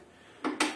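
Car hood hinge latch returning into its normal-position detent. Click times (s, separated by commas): 0.4 s, 0.6 s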